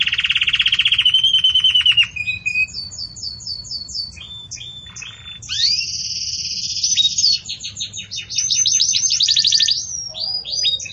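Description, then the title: Belgian canary song with a rattling trill, clipped repeated notes, a sustained high buzzy roll and quick rising sweeps, changing tours every few seconds. Belgian canary song in the campainha (bell) style, used for tutoring young canaries. "Canto Do Canário Belga Campainha Para Encarte De Filhotes"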